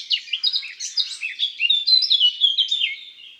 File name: Rossignol philomele cris Chants doiseaux dans la campagne